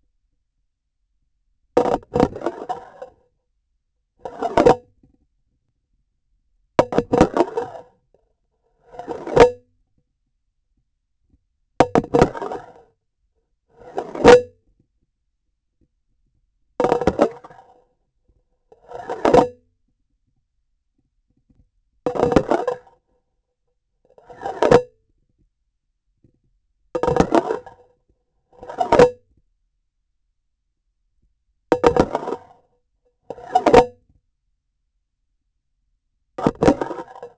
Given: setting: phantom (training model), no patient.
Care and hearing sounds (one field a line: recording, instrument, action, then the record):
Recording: laparoscopic instrument, vibration sensor on the handle end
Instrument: grasping forceps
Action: insertion and removal through the trocar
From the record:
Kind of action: spatial motion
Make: Olympus